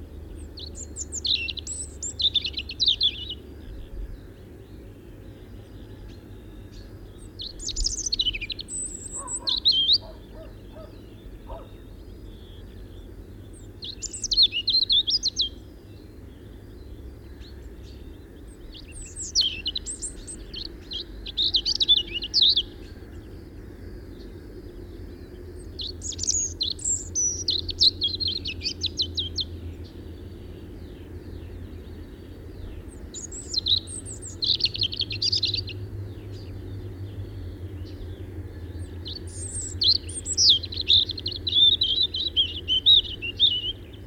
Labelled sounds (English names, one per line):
European Robin song